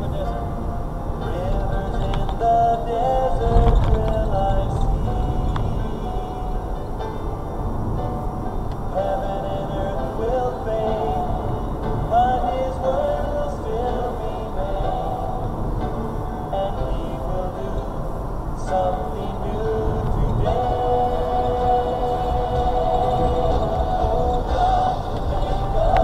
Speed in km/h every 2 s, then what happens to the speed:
42, 45, 47, 48, 48, 50, 53, 53, 53, 55, 58, 58, 58.
0-12 speeds up to 53. 12-26 steady at about 55.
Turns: none.